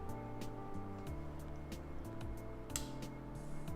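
The magnetized backs of the two earbuds of a pair of Plextone G20-MKIII wired gaming earphones are brought together over steady background music. They snap together with a short, sharp click at 2.8 s and hold in place.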